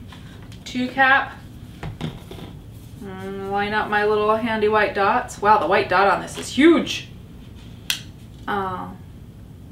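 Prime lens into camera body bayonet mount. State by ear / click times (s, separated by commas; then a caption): seated / 7.9 s. A Nikon 50mm f/1.8G prime lens is lined up by its white mounting dots and twisted onto a camera body's bayonet mount while someone talks. It locks home with a sharp click at 7.9 s, and the lens is seated.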